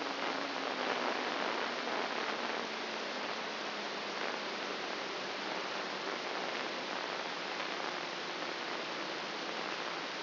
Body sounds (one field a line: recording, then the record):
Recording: brain microelectrode recording played as sound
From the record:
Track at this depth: inside the subthalamic nucleus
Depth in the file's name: 3.003 mm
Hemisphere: left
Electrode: 1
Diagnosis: Parkinson's disease